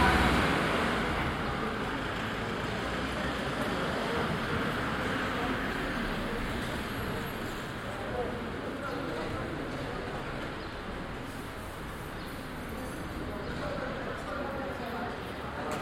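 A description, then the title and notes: A busy street on a morning: a steady wash of traffic and passing engines fills the scene, with people chatting. The din holds fairly even throughout, easing slightly around the middle before picking up again. Buzzy Getaria Morning. Ambient sound recorded along del Norte, the northern coastal route of the Camino de Santiago network of pilgrimage paths converging in Spain. These tiny meditations are made with binaural microphones. Delivery men unloading, local Getarian chatter, criss-crossing trucks and motor scooters, birdsong.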